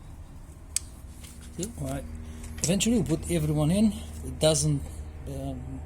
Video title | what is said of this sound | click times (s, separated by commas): Suzuki Hayabusa air filter and spark plugs replacement | To plug them in, push until you hear the click. | 0.8 s